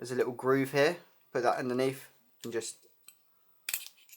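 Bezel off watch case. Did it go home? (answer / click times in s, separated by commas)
released / 3.7 s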